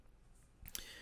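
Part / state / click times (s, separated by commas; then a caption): plastic PCV hose connector onto intake manifold port / seated / 0.7 s, 0.8 s. A plastic crankcase ventilation (PCV) hose connector on a BMW Z4 E85/E86 with the M54 engine is pushed onto its port on the intake manifold until it clips home. Two sharp clicks are heard at 0.7 s and 0.8 s, one for each of its two locking points. The connector is fully seated.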